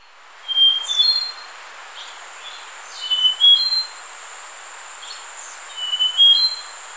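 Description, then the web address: Slaty-backed nightingale-thrush singing brief phrases of pure, high whistled notes about every three seconds over a steady thin high whine. Ecuador. "Birds of Ecuador. Slaty-backed Nightingale-Thrush"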